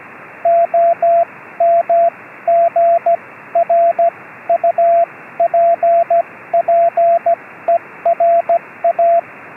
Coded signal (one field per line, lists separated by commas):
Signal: Morse code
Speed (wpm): 16 wpm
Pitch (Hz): 680 Hz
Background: radio noise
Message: OMGRUPPERA